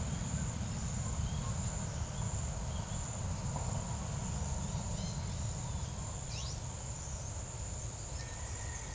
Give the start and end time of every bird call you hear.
0.06s-3.10s: bird call (2.4-4.3 kHz)
4.65s-5.15s: bird call (1.7-7.1 kHz)
6.18s-6.57s: bird call (2.0-7.0 kHz)
7.04s-8.94s: bird call (2.6-6.7 kHz)

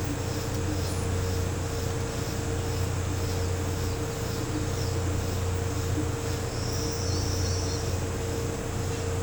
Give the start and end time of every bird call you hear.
7.05s-7.81s: bird call (3.5-4.7 kHz)

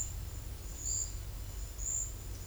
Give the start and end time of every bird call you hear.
0.84s-1.22s: bird call (3.7-5.5 kHz)

